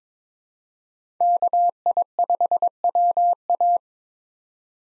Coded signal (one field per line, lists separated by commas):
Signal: Morse code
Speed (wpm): 21 wpm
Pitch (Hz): 700 Hz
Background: none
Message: KI5WA